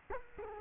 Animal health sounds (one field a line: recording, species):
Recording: mosquito wingbeat signal from an infrared sensor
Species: Culex quinquefasciatus